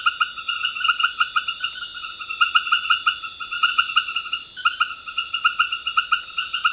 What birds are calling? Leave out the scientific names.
none